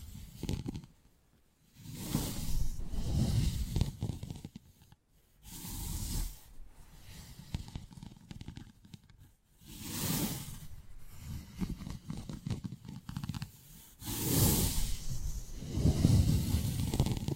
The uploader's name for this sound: 3D panoramic ear picking with various props